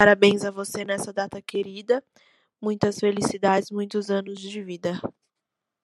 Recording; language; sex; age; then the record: short text; Brazilian Portuguese; female; 20 to 29 years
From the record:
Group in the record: control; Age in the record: 22 years